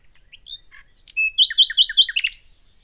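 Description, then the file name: Common nightingale song phrase: scattered soft whistles, a sustained pure note, then a rhythmic series of several looping notes closing with a sharp high flourish. "Luscinia megarhynchos"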